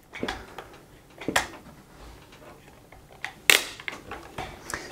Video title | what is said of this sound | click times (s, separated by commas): How to Replace Dyson Ball Cylinder Cleaner Filters | Turn the lock clockwise and then tighten until it clicks. | 3.5 s